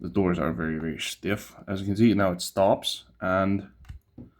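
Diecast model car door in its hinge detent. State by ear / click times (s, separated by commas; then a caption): seated / 3.8 s, 3.9 s. Someone talks while opening a very stiff door on a 1:18 ERTL Authentics 1985 Chevrolet Monte Carlo SS diecast model car until it stops. Two quick, faint clicks at about 3.9 s are the door seating into its open hinge detent, where it locks up.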